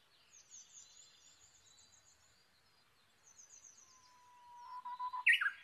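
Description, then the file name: Japanese bush warbler song arrives after several seconds of soft, high twittering from other birds: a drawn-out whistle, then a short, loud, swooping ending. Recorded 22 May 2011 at 05:43. "uguisu-20110522-0543"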